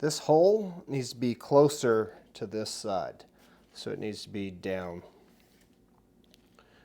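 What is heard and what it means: An IKEA 24-inch-wide cabinet rail piece is held between the two cabinet side panels, with its hole turned down toward one side, while someone talks. Faint small ticks follow from about 5.4 s to 6.6 s as the piece is handled, but it has not snapped in yet.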